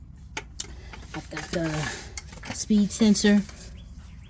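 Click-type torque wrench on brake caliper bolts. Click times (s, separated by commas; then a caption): 0.4 s, 0.6 s. A click-type torque wrench set to 24 ft-lb tightens the brake caliper bolts on a Ram 3500 4x2 during a wheel bearing and brake replacement. Sharp ticks from the wrench are heard at 0.4 s and 0.6 s, showing it clicked at the setting. Someone then talks.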